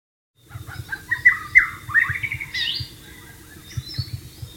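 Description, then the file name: White-rumped shama song of varied whistled and chattering notes, loudest early, followed by a few fainter high whistles over a low background hum. "suara burung murai batu di alam liar"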